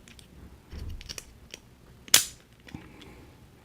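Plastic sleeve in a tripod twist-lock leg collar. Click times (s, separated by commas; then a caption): 2.1 s. A plastic sleeve is removed from inside the twist-lock collar of a tripod leg, and it comes out with a single sharp, loud snap at 2.1 seconds. Before that, a few quiet small clicks and handling noises are heard. The sleeve is released from the lock.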